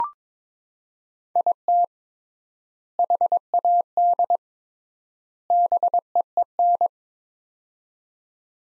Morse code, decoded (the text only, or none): IT HAD BEEN